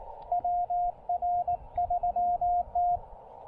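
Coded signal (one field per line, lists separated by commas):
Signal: Morse code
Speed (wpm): 18 wpm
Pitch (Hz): 690 Hz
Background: radio noise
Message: WR3T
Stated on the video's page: Park activation (POTA) powered by solar through a BuddyPole PowerMini 2 charge controller.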